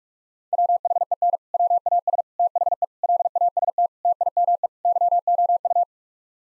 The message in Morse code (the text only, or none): WHEN WAS THE LAST TIME YOU